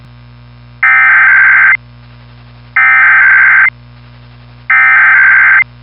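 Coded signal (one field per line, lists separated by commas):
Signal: Emergency Alert System (SAME) tones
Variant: header bursts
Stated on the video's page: National EAS test, October 2023.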